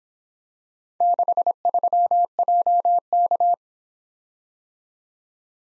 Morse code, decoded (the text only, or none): 63JK